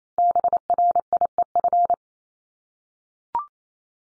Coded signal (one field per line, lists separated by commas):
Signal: Morse code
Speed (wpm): 28 wpm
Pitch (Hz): 700 Hz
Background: none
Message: BRIEF